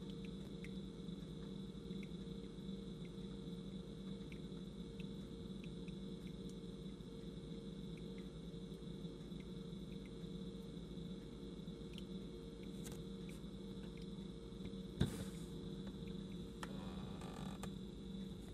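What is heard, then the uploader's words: Brewing sounds: a steady low hum and rumble runs throughout, with a faint high tone above it. Small clicks and soft patters appear now and then, and a sharp tap near fifteen seconds is followed by a brief hiss around seventeen seconds. Brewing.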